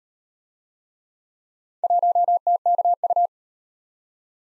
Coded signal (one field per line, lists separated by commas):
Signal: Morse code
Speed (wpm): 37 wpm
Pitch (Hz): 700 Hz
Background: none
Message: 1TKU